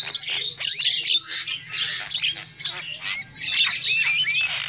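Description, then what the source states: Lovebird squawks: harsh, buzzy high screeches mixed with thin rising whistles, steady and insistent, over a constant faint hum. Lure call (pikat) used for trapping lovebirds.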